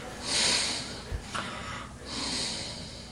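Two loud, hissing, noisy breaths with a brief snort between them, from a man snoring and snorting in sleep apnea. He is about to stop breathing again. When he stops breathing, the heart races and blood pressure rises instead of the cardiovascular system getting rest during sleep.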